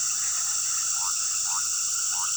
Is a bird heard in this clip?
no